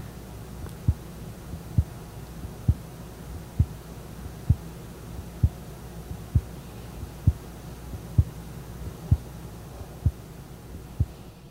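Regular sharp heartbeats, about 66 a minute, from an adult's chest held right in front of a microphone in a quiet room, loud enough to be heard without a stethoscope, two years after aortic surgery.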